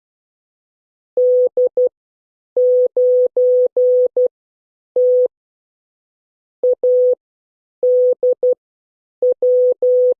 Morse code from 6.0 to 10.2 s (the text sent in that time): ADW